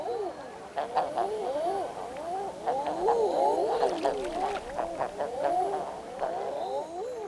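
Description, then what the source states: Common Eider cooing calls: many overlapping, crooning 'ah-ooo' notes that dip and rise, from several birds at once, with faint scattered clicks. Iceland fjords, heard most mornings; birds moving past the shore in small rafts while diving for mussels.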